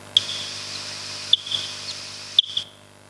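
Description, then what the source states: Barbastelle echolocation calls, slowed down: a few brief tonal pips over a faint steady hum. Typical calls, played back ten times slower; sound quite different from the brown long-eared bat.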